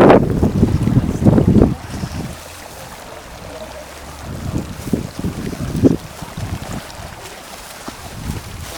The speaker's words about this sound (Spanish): Seguimos transitando por otro de los manantiales que hay en el manantial Silala. Observamos varios, el curso del agua incluso que se escucha por este sector.